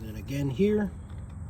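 A plastic drone propeller is handled as it is about to be pushed down and turned to twist-lock onto its motor mount while someone talks. Faint handling noises sit under the voice, and nothing has seated or clicked yet.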